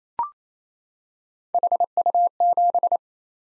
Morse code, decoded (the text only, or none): HU7